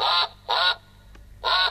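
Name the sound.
ducks quacking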